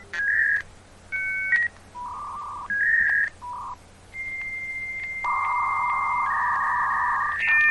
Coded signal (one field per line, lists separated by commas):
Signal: dial-up modem handshake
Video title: Modem Sound Effect 1